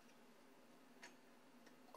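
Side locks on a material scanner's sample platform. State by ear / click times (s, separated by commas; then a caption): seated / 1.0 s, 1.9 s. After the raised sample platform of a TAC7 material scanner is lined up, the side locks are closed to lock the platform in place. Two short, tick-like clicks are heard at 1.0 s and 2.0 s over a faint, steady low hum. The platform locks are seated.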